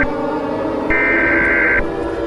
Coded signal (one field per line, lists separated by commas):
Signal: Emergency Alert System (SAME) tones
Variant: header bursts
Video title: EAS Scenario #17: Zombie Dilophosaurus (The Zombified Radioactive Dinosaur)